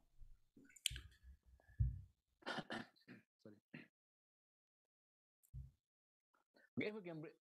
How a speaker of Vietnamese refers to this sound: chúng ta chờ ngài một lát, ngài bị ho.